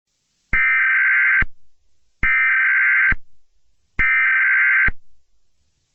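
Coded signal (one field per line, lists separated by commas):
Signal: Emergency Alert System (SAME) tones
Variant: header bursts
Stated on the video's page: Fictional EAS scenario, self-made, not a real alert.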